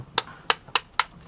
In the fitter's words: voilà ça se clipse bien